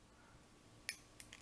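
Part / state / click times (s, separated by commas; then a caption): driver pin setting at the shear line of a lock cylinder / seated / 0.9 s. A pick lifts pin 5 of a pin-tumbler lock cylinder under tension until its driver pin sets at the shear line, giving a sharp, bright click at 0.9 s. Two fainter ticks follow at about 1.2 s and 1.3 s over a quiet background, and the pin is seated.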